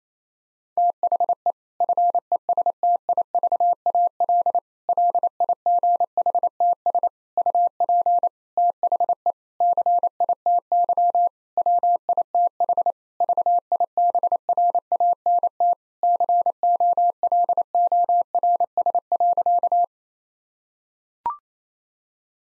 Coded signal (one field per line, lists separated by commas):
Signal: Morse code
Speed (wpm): 28 wpm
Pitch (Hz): 700 Hz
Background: none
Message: THE FESTIVAL LIGHTS UP THE CITY WITH VIBRANT COLORS.